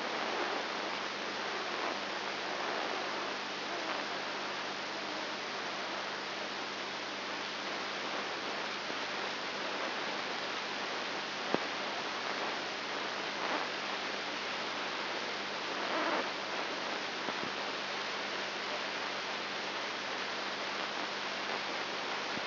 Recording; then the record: brain microelectrode recording played as sound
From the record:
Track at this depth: inside the subthalamic nucleus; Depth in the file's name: 2.104 mm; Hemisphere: left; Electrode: 3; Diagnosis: Parkinson's disease